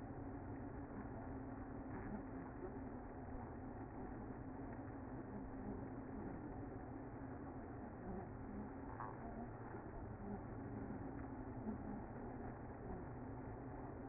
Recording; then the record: honeybee colony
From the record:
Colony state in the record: active